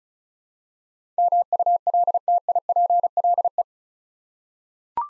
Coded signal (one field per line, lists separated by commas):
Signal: Morse code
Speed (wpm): 34 wpm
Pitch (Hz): 700 Hz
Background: none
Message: MULTIPLE